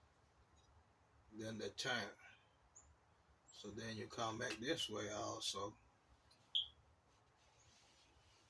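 A metal brake pad abutment clip for the front brakes of a 2018 Chevy Malibu is handled and positioned at the caliper bracket while someone talks, with a brief sharp sound near 6.6 s. The clip has not yet been pushed into the bracket; nothing has seated or clicked yet.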